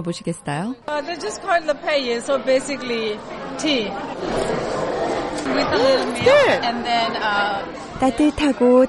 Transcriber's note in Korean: 현장음: 미얀마 여성 돕기 바자행사